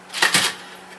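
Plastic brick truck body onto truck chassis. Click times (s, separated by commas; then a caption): 0.2 s, 0.4 s. A plastic brick garbage-truck body, from the Lego City 60220 Garbage Truck set, is pushed down onto the truck chassis. Two sharp plastic clicks are heard at 0.2 s and 0.4 s, and the body seats in place on the chassis. No one talks during the clip.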